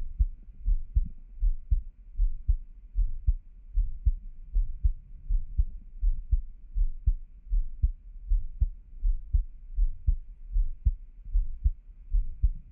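A steady adult heartbeat heard close up, about 78 beats per minute, the beats low and thumping with no other sounds.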